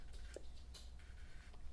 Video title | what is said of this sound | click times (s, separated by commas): The Evolve RDA - The Two Post Deck Has Evolved! | Applying pressure like this until it locks into place and it clicks just like that. | 0.3 s, 0.7 s